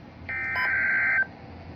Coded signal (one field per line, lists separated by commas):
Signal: Emergency Alert System (SAME) tones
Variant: header bursts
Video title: EAS #33 - Flash Flood Warning for Mesquite, TX (August 31, 2025)